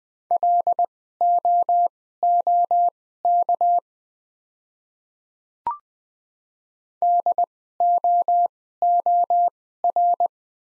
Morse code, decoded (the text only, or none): LOOK DOOR